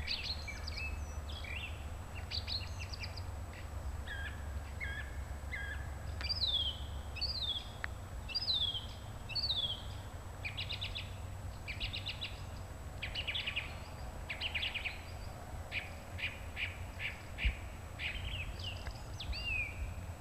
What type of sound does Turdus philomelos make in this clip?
song